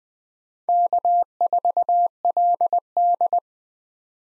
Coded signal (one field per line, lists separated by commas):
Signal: Morse code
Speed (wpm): 21 wpm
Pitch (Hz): 700 Hz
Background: none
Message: K4LD